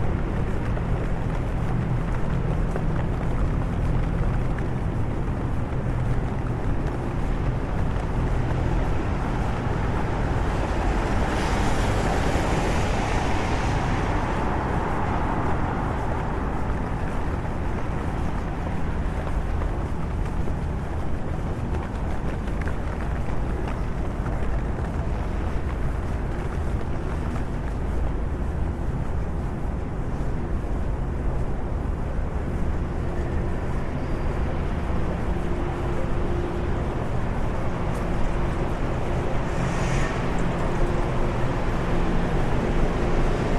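A walk through London in the rain: a steady, dense wash of rain hiss over a heavy low traffic rumble that never lets up. A vehicle swells past around 11 to 15 seconds, and a short sharp burst cuts through near 40 seconds.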